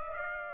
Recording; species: mosquito wingbeat signal from an infrared sensor; Aedes aegypti